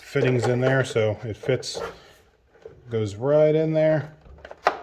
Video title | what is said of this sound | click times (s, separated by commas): Milwaukee 0880-20P M18 Wet/Dry Vacuum review | and then turns and it locks in place, which is nice. | 4.7 s